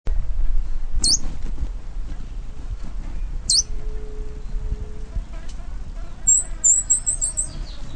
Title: LuckyPassaro Completos2Sama. Sao Francisco Sparrow (Arremon franciscanus)